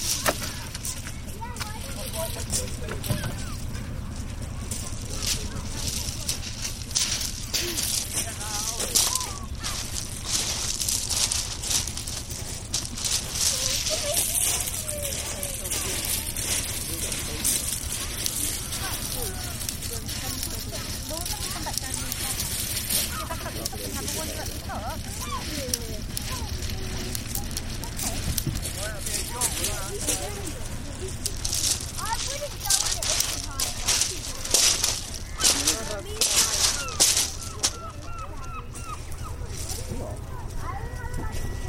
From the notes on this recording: A short journey in sound around the East Devon fishing village of Beer.